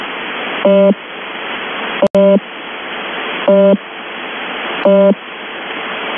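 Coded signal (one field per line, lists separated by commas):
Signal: channel marker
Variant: UVB-76 (The Buzzer)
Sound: four short harsh low buzzes, evenly spaced, over steady radio hiss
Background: radio static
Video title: 26 January 2022 04:40:39 UTC - UVB-76 (The Buzzer) is back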